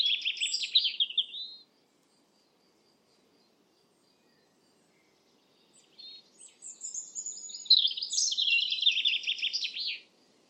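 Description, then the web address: European robin singing a bright trilled phrase, several seconds of silence, then a longer tumbling phrase of high warbles and rapid jingling notes. "Deverinetal 2025"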